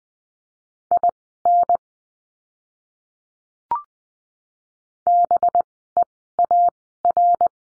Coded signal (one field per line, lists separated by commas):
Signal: Morse code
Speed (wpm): 20 wpm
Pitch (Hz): 700 Hz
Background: none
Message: IN BEAR